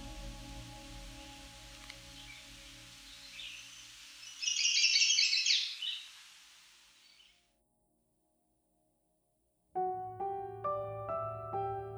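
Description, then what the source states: Chestnut-sided Warbler gives one high, rapid phrase of clear notes about a third of the way in, then silence, followed by tonal musical chords. Song rendered as 'pleased, pleased, pleased to meet you'; species of succession habitat where field becomes forest, breeding from the Canadian prairies east through the Great Lakes to the Atlantic.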